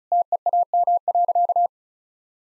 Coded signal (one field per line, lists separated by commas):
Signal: Morse code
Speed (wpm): 36 wpm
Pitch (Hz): 700 Hz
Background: none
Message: TEAM.